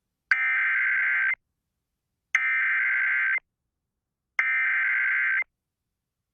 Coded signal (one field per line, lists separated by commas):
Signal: Emergency Alert System (SAME) tones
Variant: header bursts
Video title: Colorado Wants Some... | EAS Alerts from May 26th, 2023 (EAS #2586-2594)